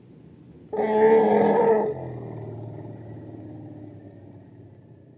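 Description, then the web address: Asian elephant giving one loud, brassy trumpet blast just over a second long, then a lower rumble that slowly fades. Indian elephant trumpeting. "SFXSource AOS Elephant Trumpet Indian Three"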